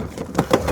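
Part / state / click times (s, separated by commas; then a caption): toilet cassette into campervan cassette bay / seated / 0.4 s, 0.5 s. A toilet waste cassette is slid wheels-first onto its track in the cassette bay of a Malibu 600 Compact LE campervan and pushed back until it clicks into place. Sharp clicks are heard at 0.4 s and 0.5 s over a low background rumble. The cassette is seated and confirmed secure with a wiggle.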